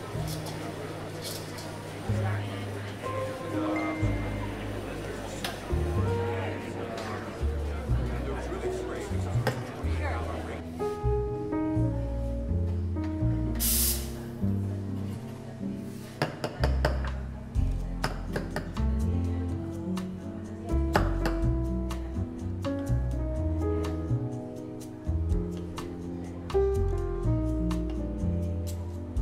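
Coffee shop ambience: music with steady, shifting low notes plays throughout while murmured voices and chatter run underneath. Occasional dish and cup clinks cut through, with a sharp bright hiss near the fourteen-second mark. The overall level stays fairly even.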